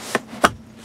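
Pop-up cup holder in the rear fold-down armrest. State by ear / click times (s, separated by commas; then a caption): seated / 0.5 s. A pop-up cup holder in the fold-down rear armrest of a 2019 Audi Q8 Prestige is pushed up and snaps into place. A softer tap comes at 0.2 s, then a sharp, louder click at 0.5 s as the cup holder seats.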